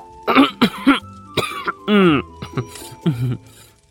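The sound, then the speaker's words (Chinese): Two people, one in the room next door to the other, cough and sputter together after choking on tea, a string of harsh, voiced bursts that overlap and tumble over one another for a few seconds, with throaty gasps between. “很巧的，展昭被茶水呛到的咳嗽声和隔壁白玉堂被茶水呛出的咳嗽声叠在了一起，天尊和阴侯听得莫名其妙，歪着头看白玉堂。”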